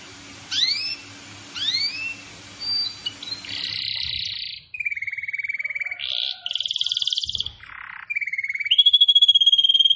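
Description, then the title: Canary song: a couple of rising upslurs followed by flat buzzy rolls and steady high trills, changing pitch between phrases. Singing described as gacor, meaning vigorous, persistent song. "Kenari Gacor"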